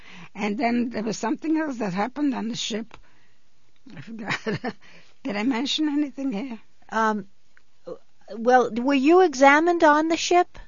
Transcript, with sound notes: And then there was something else that happened on the ship. (she laughs) I forgot it. Did I mention anything here?
Well, were you examined on the ship?